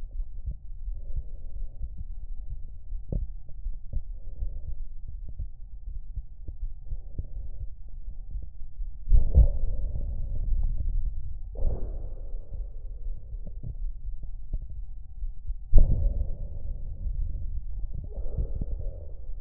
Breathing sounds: lung sounds by stethoscope; right anterior apical chest; quiet breathing, then deep breathing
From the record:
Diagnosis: COPD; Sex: male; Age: 59 years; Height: 171 cm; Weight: 91.4 kg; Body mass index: 31.3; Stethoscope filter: extended mode

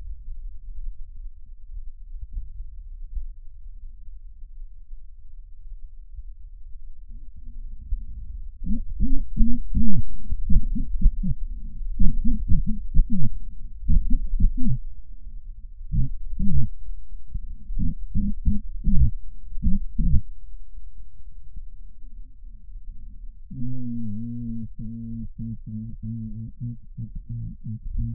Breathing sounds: lung sounds by stethoscope; right posterior apical chest; quiet breathing, then cough and speech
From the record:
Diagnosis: pulmonary infection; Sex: male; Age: 86 years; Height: 165 cm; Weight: 65 kg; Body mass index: 23.9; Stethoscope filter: bell mode

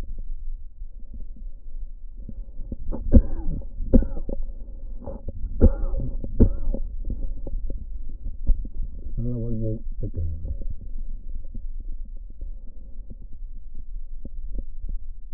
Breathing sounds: lung sounds by stethoscope; right anterior apical chest; quiet breathing, then cough and speech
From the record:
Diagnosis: COPD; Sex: male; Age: 70 years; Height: 174 cm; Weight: 94 kg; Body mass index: 31.0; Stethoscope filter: diaphragm mode

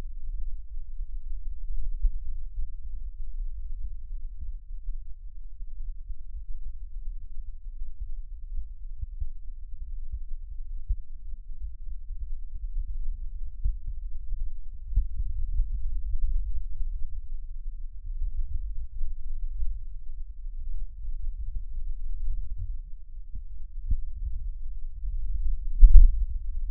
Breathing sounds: lung sounds by stethoscope; right posterior basal chest; quiet breathing, then deep breathing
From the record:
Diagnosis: COPD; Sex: female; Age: 80 years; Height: 160 cm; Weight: 62 kg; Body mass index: 24.2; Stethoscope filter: bell mode

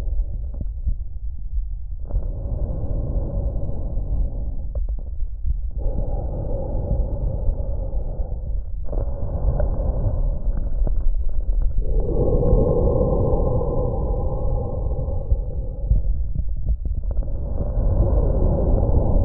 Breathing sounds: lung sounds by stethoscope; trachea; quiet breathing, then deep breathing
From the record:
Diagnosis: COPD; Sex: male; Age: 60 years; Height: 171 cm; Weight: 59.4 kg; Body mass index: 20.3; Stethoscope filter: extended mode

